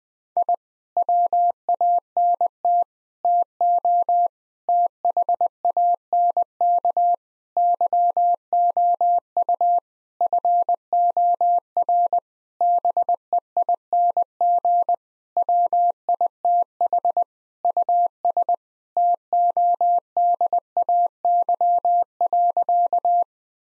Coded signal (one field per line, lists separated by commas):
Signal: Morse code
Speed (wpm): 20 wpm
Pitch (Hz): 700 Hz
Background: none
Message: I WANT TO THANK YOU FOR BEING WITH US TODAY.